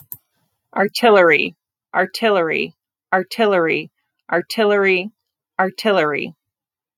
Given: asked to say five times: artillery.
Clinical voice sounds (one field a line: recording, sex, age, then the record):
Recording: repeated word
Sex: female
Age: 30 to 39 years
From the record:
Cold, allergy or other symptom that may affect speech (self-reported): no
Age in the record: 30 years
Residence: Michigan, United States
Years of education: 16